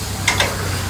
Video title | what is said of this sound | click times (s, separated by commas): Vaisakhi Special - India’s No -1 Trailers TSB - New PTO trolleys - First with Triple Jack | से lock हो जाता है मतलब लॉक सिस्टम | 0.3 s, 0.4 s